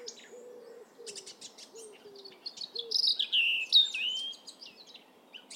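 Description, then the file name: European robin singing high, varied warbling phrases and slurred whistles, while another bird gives low, soft hooting notes early on; steady background hiss. "Erithacus rubecula"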